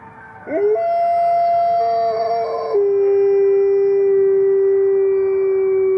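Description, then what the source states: Wolf howl rising sharply, then held as a long steady tone, with a second voice briefly overlapping before one clear sustained howl continues. A wolf pack howling.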